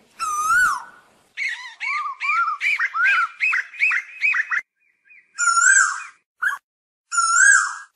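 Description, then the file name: Asian koel with a loud wavering whistle, then a rapid run of short arched notes, followed by two more long whistled calls. Calling the flock. "Tieng chim tu hu goi bay"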